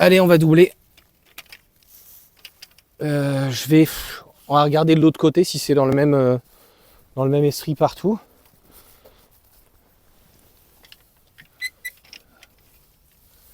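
A carbon-look plastic EVBASE rim protector strip is handled at the alloy rim of a 21-inch Model Y Performance wheel as the work moves to the other wheel. Someone talks in bursts while faint short ticks and taps come through around 1.0 to 2.8 seconds and again around 10.9 to 12.4 seconds. Nothing has clipped or seated yet.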